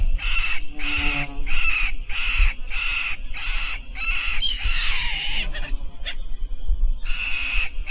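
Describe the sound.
Bird calls: loud, harsh, raspy notes repeated in a steady series, broken by a squealing, descending sound midway, over low rumbling noise.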